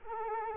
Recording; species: mosquito wingbeat signal from an infrared sensor; Culex quinquefasciatus